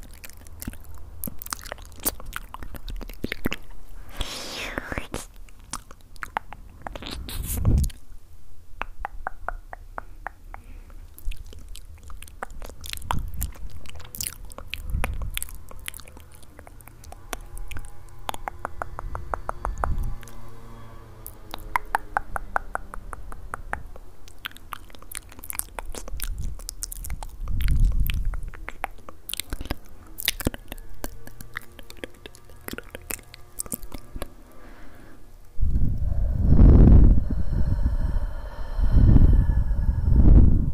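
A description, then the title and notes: Close ASMR mouth sounds of wet clicks, bites and crunchy chewing come in irregular bursts, growing louder and thicker after about 35 seconds. ASMR mouth sound.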